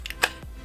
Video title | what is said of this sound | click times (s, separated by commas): NRG Wheel and Sparco Quick Release Unboxing!! | so I'm gonna pull the collar push this on spin it until it clicks up | 0.2 s